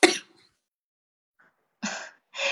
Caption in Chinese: 我我只要说话是速度稍微一快，我嗓子就会很难受，然后就会咳嗽，这也是二阳的状态之一。